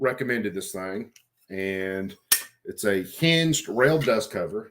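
Someone talks while handling a hinged rail dust cover meant to clamp onto a firearm's rail. Nothing has seated or clicked yet; the clip ends before the cover goes home.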